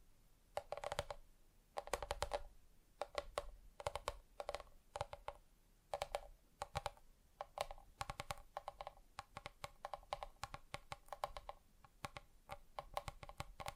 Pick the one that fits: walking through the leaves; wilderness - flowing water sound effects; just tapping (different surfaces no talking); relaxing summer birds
just tapping (different surfaces no talking)